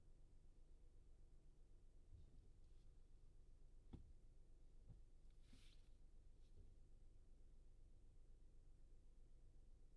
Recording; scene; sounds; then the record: everyday scene through a hearing-aid microphone; in a vehicle; engine idling, traffic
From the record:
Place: Skoda Fabia, gasoline engine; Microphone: in the ear canal, left